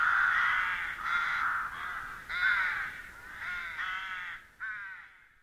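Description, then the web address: Bird giving harsh, cawing calls in a rough series, about one per second. "madarak enek"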